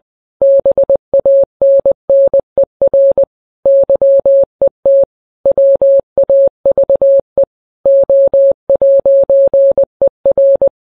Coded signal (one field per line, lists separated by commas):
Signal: Morse code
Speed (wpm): 20 wpm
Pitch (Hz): 550 Hz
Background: none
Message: BANNER YET WAVE O'ER